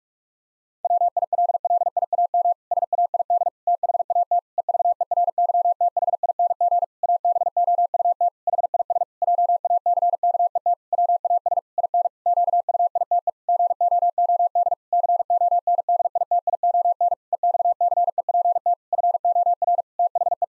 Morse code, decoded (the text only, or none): WILLIAM SAID THAT EVERYTHING ABOUT HIS JACKET WAS IN QUITE GOOD CONDITION EXCEPT FOR THE